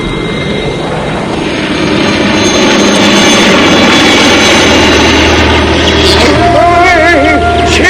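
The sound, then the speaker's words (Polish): A loud, continuous airplane engine roar swells within the first couple of seconds and holds steady, dense and rumbling, with a faint wavering tone briefly rising above it near the end. “Samolot?”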